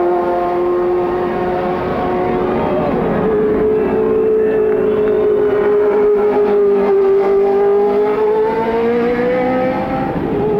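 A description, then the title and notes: IndyCar racing around downtown Detroit, heard as a steady, high engine whine that holds a nearly constant pitch, dipping slightly in the middle and rising again near the end. A dense rough roar sits underneath throughout, with no clear pauses or separate passes. The Sounds of CART IndyCar at Detroit, 1990. Trackside sounds of the CART IndyCar Series as it raced around downtown Detroit on the former Formula 1 circuit. The 2.65-liter single-turbo V8 engines from Chevrolet, Cosworth, Judd, Alfa Romeo, and Porsche.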